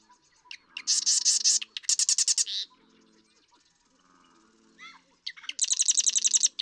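Marsh Wren giving two rapid, buzzy trills back to back, a short pause with soft notes, then a third rattling trill of evenly spaced notes.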